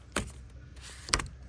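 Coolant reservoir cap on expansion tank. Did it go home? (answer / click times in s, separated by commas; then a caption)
yes / 1.1 s. A plastic coolant expansion tank cap on a VW T5/T6 van is screwed down, turning easily at first and then getting tough. A sharp sound comes at 0.2 s, then a cluster of short clicks with the loudest at 1.1 s. The cap clicks shut at 1.1 s when fully tightened and is seated.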